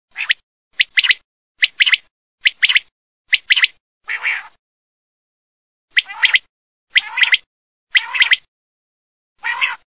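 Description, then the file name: Common quail calling in sharp clipped notes, mostly doubled or tripled pulses repeated roughly every second, with a short pause partway through. "QUAGLIAs"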